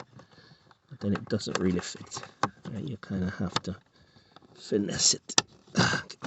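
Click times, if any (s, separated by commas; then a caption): 6.1 s. Someone talks while a plastic cabin air filter cover on a 2013 Nissan Note is pressed into the HVAC filter housing behind the glove box. Light handling noises come between the speech, and at 6.1 s a sharp click is heard as the cover's lower clip snaps in, confirming it is seated.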